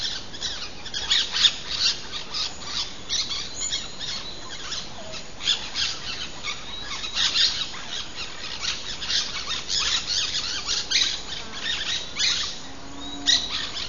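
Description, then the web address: Aztec parakeet calls: harsh, scratchy squawks in dense overlapping bursts throughout, over a constant hiss. Recorded in Belize. "belize birds birdsongs aztec-parakeet"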